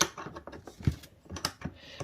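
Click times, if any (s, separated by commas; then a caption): none. A racking handle is inserted into its hole on a Brother KR230 chunky/bulky knitting machine ribber and twisted. Short scraping and knocking sounds from the handle are heard. It is not pushed in far enough and has not clicked in yet.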